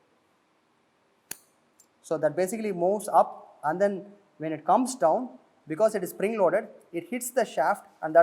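The spool part of a sewing machine's spool holder is assembled slowly, and its spring-loaded lever moves up, then comes down and hits the groove in the shaft with a sharp click at 1.3 s, followed by a fainter tick. The lever snaps onto the shaft and is seated. Someone then talks.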